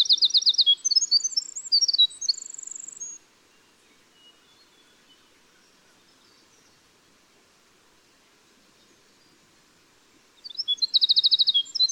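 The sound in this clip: Winter wren song: a long tumbling cascade of high tinkling trills and warbles, with about seven seconds of quiet before the song starts up again.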